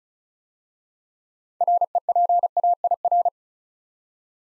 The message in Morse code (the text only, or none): REPAIR